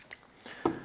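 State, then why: Seated. A small magnetic filter holder is pressed against its mating holder in a magnetic filter holder mount so the magnets line up. A short click at 0.1 s marks it snapping together and seating in place, followed by a few fainter knocks and rustles. The holder is seated.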